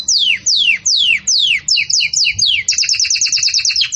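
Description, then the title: Belgian canary giving four slow descending whistled sweeps, then faster paired notes and a quick repeated trill. Belgian canary song used for teaching breeding chicks (encarte de filhotes); 'campainha' style song. "Belíssimo Canto Do Canário Belga Campainha Para Encarte De Filhotes"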